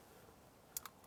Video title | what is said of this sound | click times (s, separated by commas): Minimalistic Bikepacking Cook kit / Also works for Zwift ;) | good thing about this this locks in place so once | 0.8 s